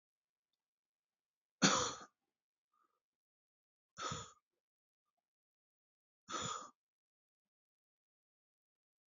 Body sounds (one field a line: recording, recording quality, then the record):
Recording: shallow voluntary cough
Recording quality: excellent, no background noise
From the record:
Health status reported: healthy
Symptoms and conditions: hypertension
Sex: male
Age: 52 years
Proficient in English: yes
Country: India